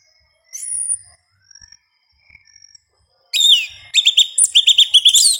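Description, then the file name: Yellow-legged thrush song: a few soft thin high notes, then a loud rapid run of sharp, chirping, slurred phrases repeated in quick succession. "Canto do sabia una"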